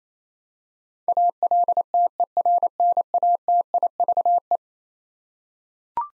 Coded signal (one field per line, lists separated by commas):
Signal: Morse code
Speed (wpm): 28 wpm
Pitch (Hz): 700 Hz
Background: none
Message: ALTERNATIVE